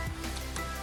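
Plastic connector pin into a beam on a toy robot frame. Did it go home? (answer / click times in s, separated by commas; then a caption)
no / none. A plastic connector pin on a building-toy EV3 robot frame is handled against a beam, giving soft plastic rustles and a brief louder handling knock at about 0.6 s over a steady tonal background hum. Nothing has seated or clicked yet.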